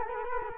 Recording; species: mosquito wingbeat signal from an infrared sensor; Culex quinquefasciatus